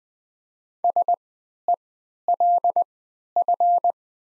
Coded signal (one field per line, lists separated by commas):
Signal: Morse code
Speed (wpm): 20 wpm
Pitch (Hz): 700 Hz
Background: none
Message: SELF